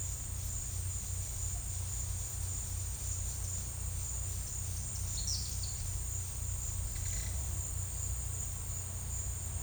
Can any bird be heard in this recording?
yes